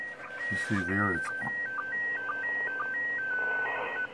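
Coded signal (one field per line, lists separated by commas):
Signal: SSTV (slow-scan television)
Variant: PD 120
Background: speech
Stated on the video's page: SSTV image from the ISS on 2m 145.800 FM, received on an ICOM 746PRO with Doppler correction during an almost overhead pass.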